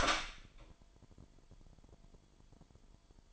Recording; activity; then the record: daily activity, microphone in the room; open door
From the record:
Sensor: 5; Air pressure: 998.4 hPa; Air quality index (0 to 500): 82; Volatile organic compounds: 1 ppm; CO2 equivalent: 934 ppm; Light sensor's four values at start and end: 33/81/33/37 and 33/81/33/37